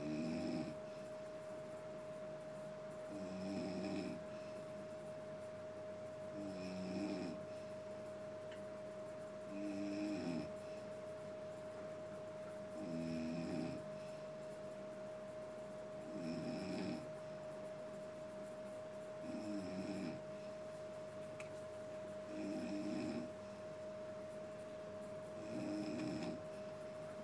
I know the children s ward at hospital may be a little noisy at night but this mother s snoring is keeping me awake i feel sorry for the family who have to put up with this every day.